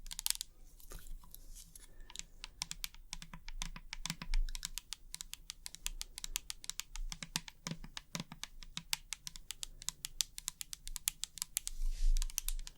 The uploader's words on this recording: ASMR 100% Tapping for Sleep & Tingles (Long Nails & No Talking).